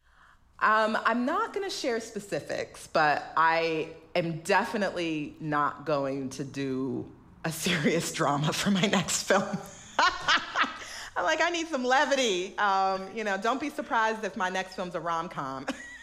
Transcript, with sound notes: I'm not going to share specifics, but I am definitely not going to do a serious drama for my next film (laughter). Like, I need some levity. You know, don't be surprised if my next film's a rom-com